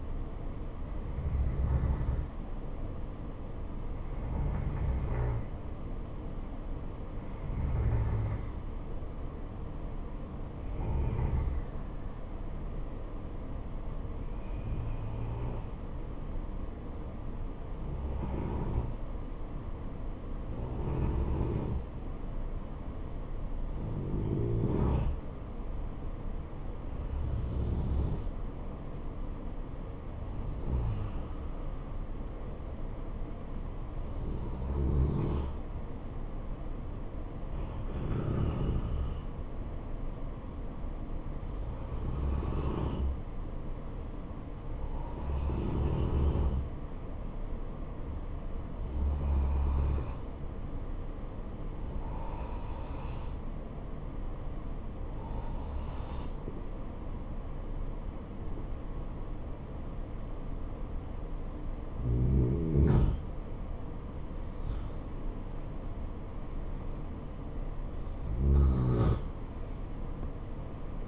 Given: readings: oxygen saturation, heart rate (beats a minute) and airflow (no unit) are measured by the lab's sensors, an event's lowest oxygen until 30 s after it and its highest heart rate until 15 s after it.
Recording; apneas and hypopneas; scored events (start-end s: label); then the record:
breathing in sleep by a smartphone at the bedside; 1
6.00-61.90 s: hypopnea (N1, oxygen 95% highest, then 90% lowest, heart rate 69 at the start, 80 highest)
From the record:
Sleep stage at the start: N1 (lightest sleep); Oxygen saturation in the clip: 90 to 95%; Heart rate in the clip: 66 to 78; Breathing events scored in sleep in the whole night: 277 in 7.4 hours asleep